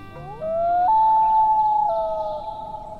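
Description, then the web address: Loon wail: a long, mournful tone that slides upward, jumps to a higher steady pitch, then drops slightly and holds before fading. "BIRD NOTE. Stranded Loon"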